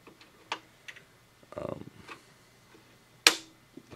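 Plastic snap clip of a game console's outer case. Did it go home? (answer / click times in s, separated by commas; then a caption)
released / 3.3 s. A plastic snap clip on the outer casing of an Xbox 360 is pushed in during disassembly. After a few faint ticks and a short burst of talk, a sharp, loud click at 3.3 s marks the clip releasing and the case clip popping open.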